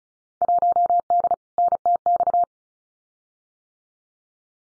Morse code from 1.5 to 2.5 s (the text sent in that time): NTX